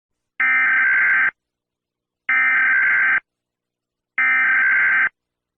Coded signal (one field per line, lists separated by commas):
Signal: Emergency Alert System (SAME) tones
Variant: header bursts